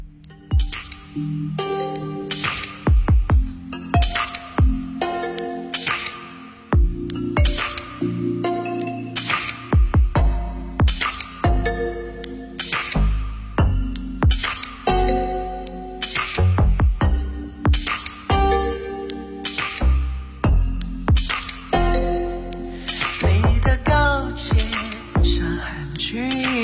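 An electronic remix of a pop song: crisp, glassy percussive clicks and hits pulse in a steady rhythm over sustained low bass tones, loud and busy throughout, with no clear vocals.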